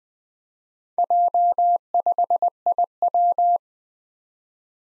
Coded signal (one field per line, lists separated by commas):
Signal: Morse code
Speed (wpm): 20 wpm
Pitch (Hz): 700 Hz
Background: none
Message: J5IW